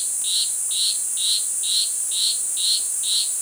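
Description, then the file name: Granular poison frog calling, short buzzy chirps repeated about twice a second at an even pace over a constant high insect drone. "Oophaga granulifera"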